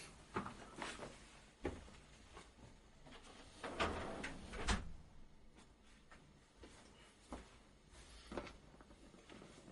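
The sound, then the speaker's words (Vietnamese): A series of clattering knocks and scrapes, with a louder bang in the middle, as a door is pushed shut amid shuffling handling noises. “Đợi một chút mình đóng cửa cái.”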